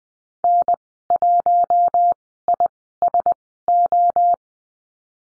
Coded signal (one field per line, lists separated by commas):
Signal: Morse code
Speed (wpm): 20 wpm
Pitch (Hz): 700 Hz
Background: none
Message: N1ISO